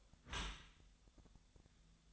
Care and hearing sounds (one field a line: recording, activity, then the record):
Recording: daily activity, microphone in the room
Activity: close dishwasher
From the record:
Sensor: 3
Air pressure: 1004.6 hPa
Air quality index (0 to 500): 109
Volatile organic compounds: 5 ppm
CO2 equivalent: 1714 ppm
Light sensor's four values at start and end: 7/17/7/6 and 7/17/7/6